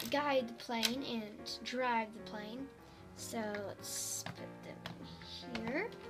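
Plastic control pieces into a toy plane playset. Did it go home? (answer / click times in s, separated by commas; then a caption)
no / none. Someone talks over background music while handling small plastic control pieces that get pushed into holes on a plastic toy jet playset. Nothing has seated or clicked into the plane yet.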